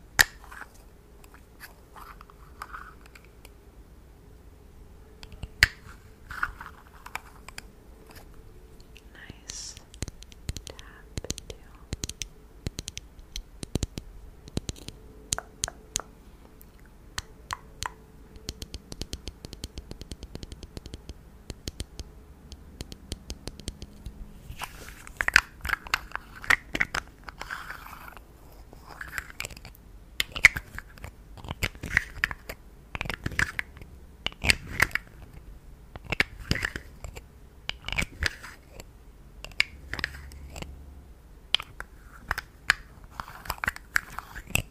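Close, crisp tapping and crunching sounds, with sharp clicks scattered irregularly through the first half. After about 25 seconds the crackles grow louder and denser, coming in quick bursts. A faint low steady hum sits underneath early on.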